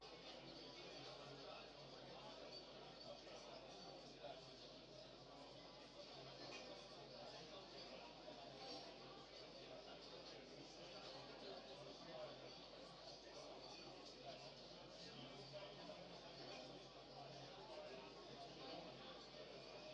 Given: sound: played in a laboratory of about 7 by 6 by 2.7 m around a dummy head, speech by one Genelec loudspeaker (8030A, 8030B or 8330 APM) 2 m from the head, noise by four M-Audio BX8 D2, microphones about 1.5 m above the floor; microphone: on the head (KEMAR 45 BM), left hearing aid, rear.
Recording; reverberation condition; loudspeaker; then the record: cafeteria noise; low; four, about 170 cm from the corners of the room and facing them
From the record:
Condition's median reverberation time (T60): about 310 ms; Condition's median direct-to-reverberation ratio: about 3.5 dB